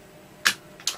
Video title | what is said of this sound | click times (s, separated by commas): Acorn Electron Fixing the faulty shift key | push that down until it locks into place make sure i get the key the right way around | 0.5 s, 0.9 s